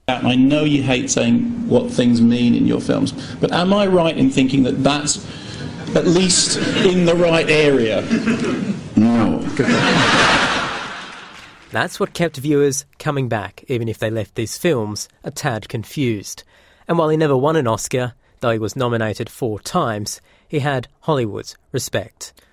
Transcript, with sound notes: "I know you hate saying what things mean in your films, but am I right in that's at least in the right area?" "No!” { Audience laughs} That's what kept viewers coming back, even if they left his films confused, And while he never won an Oscar - though he was nominated four times - he had Hollywood's respect.